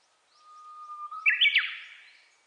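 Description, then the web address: Japanese bush warbler song: a thin, even whistle held for about a second, then a loud, complex flourish that trails off. Recorded 29 April 2001. "2001 010429 uguisu"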